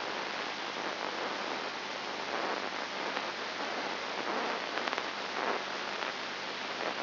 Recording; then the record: brain microelectrode recording played as sound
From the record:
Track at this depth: inside the subthalamic nucleus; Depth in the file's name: 2.304 mm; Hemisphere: left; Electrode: 2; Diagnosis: Parkinson's disease